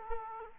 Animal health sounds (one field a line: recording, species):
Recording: mosquito wingbeat signal from an infrared sensor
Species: Aedes aegypti